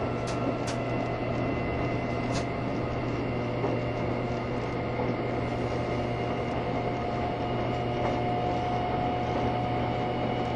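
An EMU1200 electric train races along, its motor roaring in a steady dense drone with a constant low hum and faint whining tones throughout.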